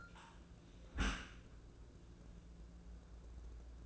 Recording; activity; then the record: daily activity, microphone in the room; close dishwasher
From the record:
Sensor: 2